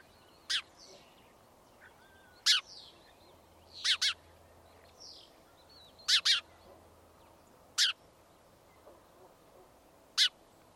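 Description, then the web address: Bird giving sharp, high, clicky chirps, some single and some in quick doubles, spaced irregularly one and a half to two and a half seconds apart over quiet background. "Deverinetal 2025. Bird Only"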